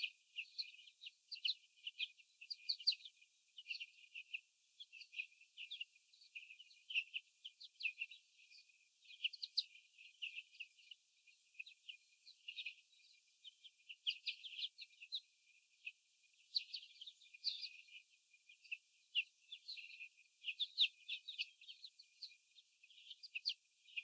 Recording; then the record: young laying hens in a cage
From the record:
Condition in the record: after the stressor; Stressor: sudden umbrella opening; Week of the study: 3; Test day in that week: 2